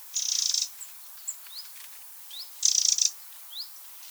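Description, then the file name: Eurasian wren making two dry, buzzy rattling bursts, with a few short rising whistles around them. "Troglodytes troglodytes"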